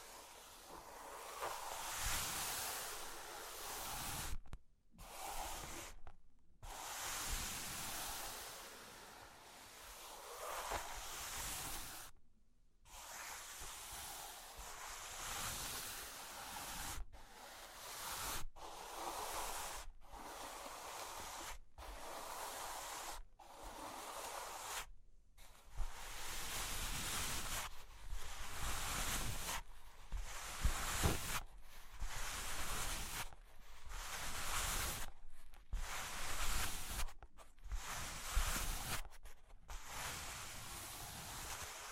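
Cork and wood are scratched and traced in a dense, steady rasping hiss, cut by brief sudden silences every few seconds, more often later.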